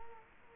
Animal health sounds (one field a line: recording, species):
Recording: mosquito wingbeat signal from an infrared sensor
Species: Culex quinquefasciatus